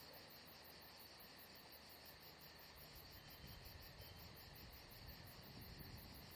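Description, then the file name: Crickets chirping in a dense, steady high-pitched pulsing chorus that never stops, over a soft low rumble. Crickets atmosphere at Saint-Jean-de-Luz. "Saint Jean De Luz Crickets Atmosphere Only Paul Parker Sven Jungbeck"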